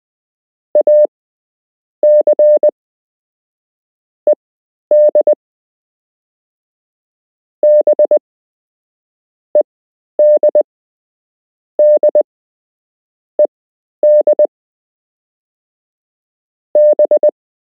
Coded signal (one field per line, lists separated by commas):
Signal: Morse code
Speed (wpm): 20 wpm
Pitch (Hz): 600 Hz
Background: none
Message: AC ED B ED D ED B